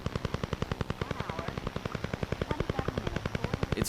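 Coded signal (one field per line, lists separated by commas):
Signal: radar signal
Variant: Duga, Russian Woodpecker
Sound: rapid steady knocking pulses, about ten per second, like a woodpecker or machine gun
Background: radio static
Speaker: first heard in July of 1976 the mysterious signal interfered with communication systems worldwide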